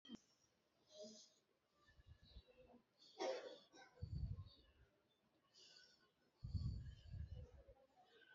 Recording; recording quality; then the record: shallow breathing; moderate, slight background noise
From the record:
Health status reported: recovered from COVID-19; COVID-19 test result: positive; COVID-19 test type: RT-PCR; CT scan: not taken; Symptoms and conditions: cough, sore throat, fatigue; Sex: female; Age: 33 years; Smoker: no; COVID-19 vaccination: both doses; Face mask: worn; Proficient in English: yes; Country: India